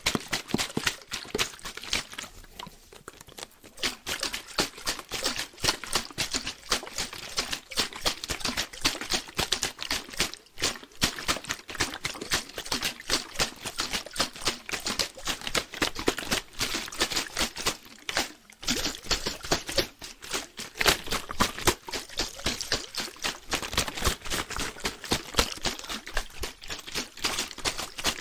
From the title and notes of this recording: ASMR Rhythmic Triggers with Waterbottles (Shaking, Tapping) No Talking.